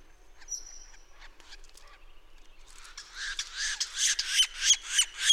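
Bird song: harsh, buzzy chattering notes repeated about three times a second, growing louder toward the end, after a few faint high whistles.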